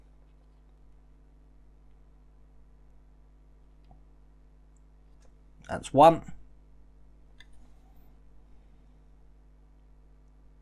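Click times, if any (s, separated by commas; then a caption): none. A small plastic fuse or relay piece is handled at the fusebox of a 1:8 scale Ferrari F40 Competizione model car, with faint ticks near 3.9 s and 4.8 s and a sharper tap at 7.4 s. Someone talks briefly around 6 seconds. The part has not seated or clicked into the fusebox yet.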